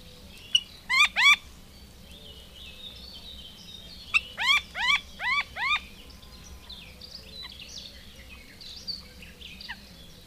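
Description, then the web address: Common moorhen calls: two sharp, harmonic-rich notes, then after a pause a run of several similar notes. "agykontroll Madardalok Cd 3. Vízityúk"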